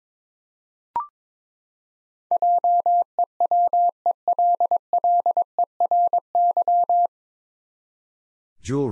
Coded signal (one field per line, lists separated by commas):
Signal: Morse code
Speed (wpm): 22 wpm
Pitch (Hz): 700 Hz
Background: none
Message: JEWELLERY